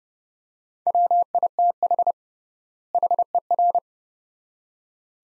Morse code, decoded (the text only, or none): WITH HER